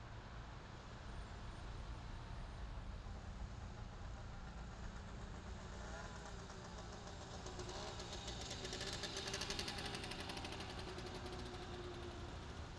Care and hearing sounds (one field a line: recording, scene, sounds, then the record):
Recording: everyday scene through a hearing-aid microphone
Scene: in traffic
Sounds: traffic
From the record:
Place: main city hub, rush hour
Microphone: in the ear canal, left